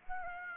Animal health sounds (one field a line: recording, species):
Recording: mosquito wingbeat signal from an infrared sensor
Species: Aedes aegypti